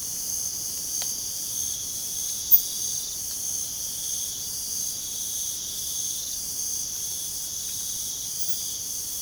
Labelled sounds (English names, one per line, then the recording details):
none
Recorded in pastures near Puerto Asís, Putumayo, Colombia, on 30 June 2025 at 04:00
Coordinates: 0.497, -76.327
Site G040